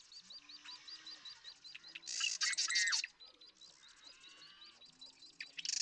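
Marsh Wren song: a steady series of repeated chip notes, then a loud harsh rattling burst around the middle and another at the end.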